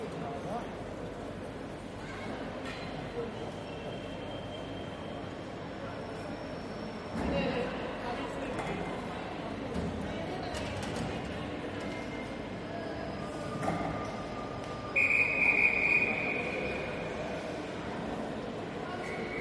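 In a busy railway station, a steady low rumble of idling trains mixes with murmuring voices throughout. A few knocks and clatters stand out near seven and fourteen seconds, and a shrill whistle-like tone sounds from about fifteen to sixteen and a half seconds.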